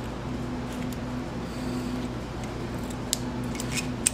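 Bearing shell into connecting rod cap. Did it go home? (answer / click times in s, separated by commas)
yes / 4.1 s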